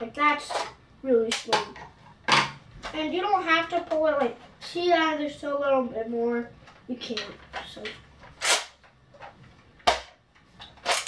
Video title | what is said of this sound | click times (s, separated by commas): Review Nerf Zombie Strike SlingFire2 | and now you're wondering why did i say scary part did you hear that click sometimes | 9.9 s